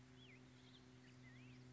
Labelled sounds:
Black-headed Grosbeak
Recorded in Sonoma County, California

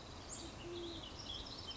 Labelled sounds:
Band-tailed Pigeon
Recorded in Sonoma County, California

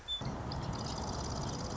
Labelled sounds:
Marsh Wren
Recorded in Sonoma County, California

